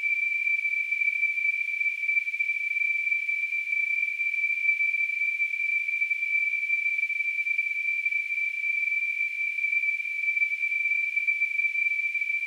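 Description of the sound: A synthetic tinnitus simulation: a steady, continuous high-pitched tone near 2.4 kHz with a faint hissy band around it, unchanged in pitch and loudness throughout.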